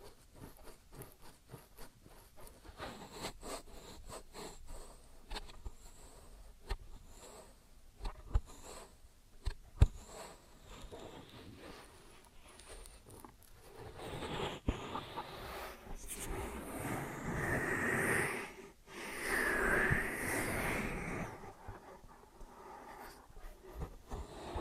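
Ear and scalp massage and cleaning: dense, irregular scratching and rubbing with many sharp crackles through the first half. After about 14 seconds the rubbing grows fuller and louder in broad swells, with brief bright squeaks near 17 and 20 seconds.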